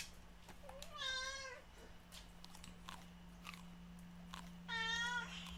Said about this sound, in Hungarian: Obika nagyon jó színész, elképesztően keservesen tud egyébként nyávogni